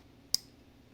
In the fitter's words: and you're going to slide it in until you heard the click